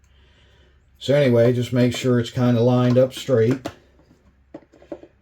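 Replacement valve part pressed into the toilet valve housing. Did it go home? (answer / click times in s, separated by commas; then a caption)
yes / 4.5 s. A plastic replacement valve part is lined up straight over a small locating hole and pressed into the valve housing while replacing the valve on a Dometic RV toilet. Someone talks for the first few seconds, then a few short clicks follow. The part clicks into place at 4.5 s.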